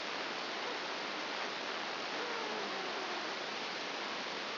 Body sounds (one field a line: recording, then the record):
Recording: brain microelectrode recording played as sound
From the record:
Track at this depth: outside the subthalamic nucleus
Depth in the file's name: 5.701 mm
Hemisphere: left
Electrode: 2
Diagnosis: Parkinson's disease